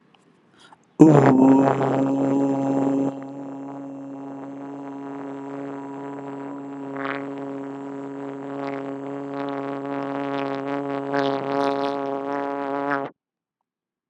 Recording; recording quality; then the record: sustained vowel as in boot; moderate, slight background noise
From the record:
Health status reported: healthy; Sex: male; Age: 29 years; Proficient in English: yes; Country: India